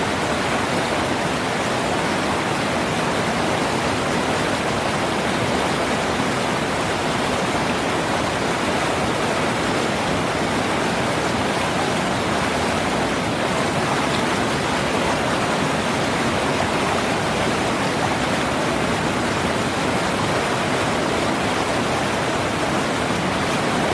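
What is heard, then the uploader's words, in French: A river flows with a steady, dense rush of water that fills the whole range from low rumble to bright hiss. The sound holds constant for the full length, even, with a fine churning texture and no distinct events. Le doux murmure d'une rivière qui coule. Le flux régulier de l'eau qui caresse les rochers et les pierres.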